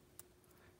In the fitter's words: and it you can feel it kind of lock into place so